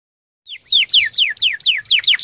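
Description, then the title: Canary giving a short run of several quick, downward-sweeping whistled notes after a moment of silence. Domestic canary singing gacor (constantly), a first-place champion bird. "Suara Kenari Gacor Suara Kicau Burung Kenari Gacor Juara 1"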